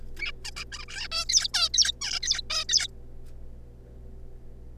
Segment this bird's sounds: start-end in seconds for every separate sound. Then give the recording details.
0.17-0.31, 0.45-0.51, 0.57-0.64, 0.72-0.85, 0.88-1.08, 1.12-1.25, 1.29-1.47, 1.54-1.69, 1.74-1.92, 2.01-2.19, 2.23-2.42, 2.50-2.64, 2.69-2.87. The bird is a juvenile. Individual R3549